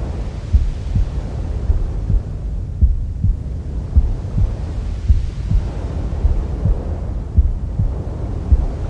Womb Sounds with Mother's Heartbeat.